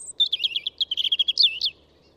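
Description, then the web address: European robin song: a high thin note, then a quick, liquid run of warbling notes sliding up and down, ending in a squeaky flourish. "SETE Erithacus rubecula"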